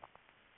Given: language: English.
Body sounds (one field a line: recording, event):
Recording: throat vibration sensor signal played as sound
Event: swallow